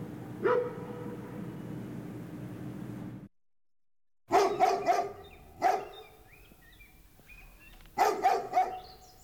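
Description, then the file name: Dog barking: a single deep bark, then a pause, then bursts of several rapid harsh barks in quick clusters. Big dog barking, three variants. "bolshaya sobaka gavkaet 3 varianta"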